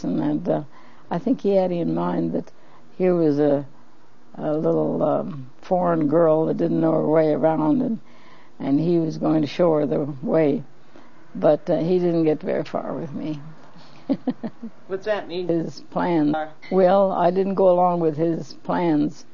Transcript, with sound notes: And I think he had in mind that here was a - a little um, foreign girl that didn't know her way around and - and he was going to show her the way. But he didn't get very far with me (laughs)
What's that mean?
Well I didn't go along with his plans.